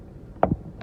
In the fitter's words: little click boom boom it's on